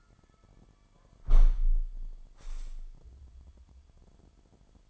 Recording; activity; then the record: daily activity, microphone in the room; close window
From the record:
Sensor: 5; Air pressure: 998.2 hPa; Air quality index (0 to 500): 94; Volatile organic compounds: 2 ppm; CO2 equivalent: 1076 ppm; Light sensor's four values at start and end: 23/56/23/25 and 23/56/23/25